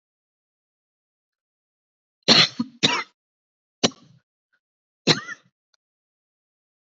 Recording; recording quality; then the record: heavy voluntary cough; excellent, no background noise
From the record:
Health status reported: COVID-19 positive, moderate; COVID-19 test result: positive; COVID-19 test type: RT-PCR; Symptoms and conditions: cough, cold, sore throat, fatigue, muscle pain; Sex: female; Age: 46 years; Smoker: no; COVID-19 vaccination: both doses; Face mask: worn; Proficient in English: yes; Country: India